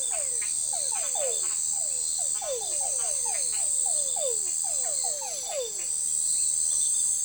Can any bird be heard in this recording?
no